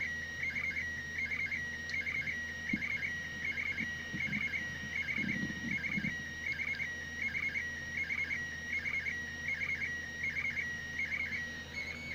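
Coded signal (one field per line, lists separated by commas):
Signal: SSTV (slow-scan television)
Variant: PD180 mode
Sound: warbling, chirping tone near 2 kHz repeating in regular scan-line rhythm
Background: low hum, faint rumble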